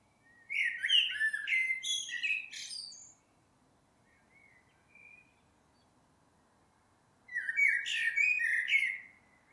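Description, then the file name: Common blackbird song: a long fluty phrase with a scratchy high-pitched ending, a few soft notes, then a similar phrase roughly seven seconds after the first. "Turdus merula"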